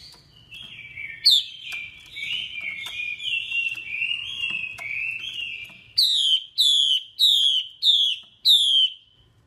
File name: Tieng chim hoa mi mai kich trong